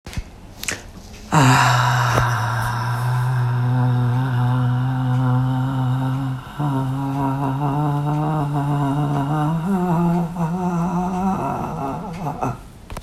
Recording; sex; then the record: sustained vowel /a/; female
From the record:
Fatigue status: fatigue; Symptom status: symptomatic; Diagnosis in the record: COVID-19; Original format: m4a